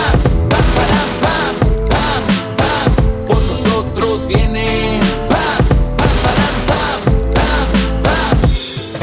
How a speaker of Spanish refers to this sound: Y las armas suenan. Pam, pam, para, pam, pam, pam. Los casquillos vuelan.